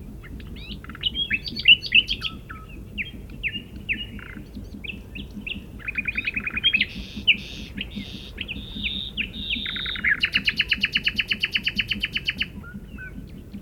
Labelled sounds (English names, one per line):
Common Nightingale song